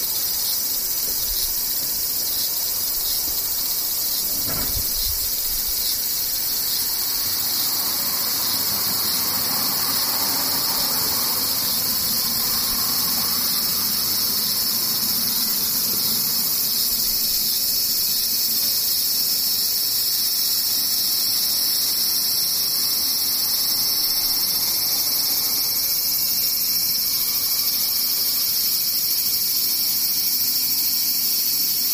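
Cicadas drone without a break through the whole clip, a dense, steady buzzing concentrated high up with a piercing hiss above it. Around five seconds a brief low thump cuts in, and a soft, low rumble swells and fades between about eight and seventeen seconds.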